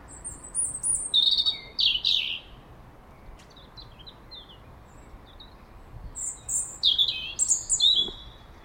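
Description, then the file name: European robin singing two bursts of high, tinkling, varied phrases separated by a few seconds of very soft, scattered notes, with steady background hiss. "Erithacus rubecula"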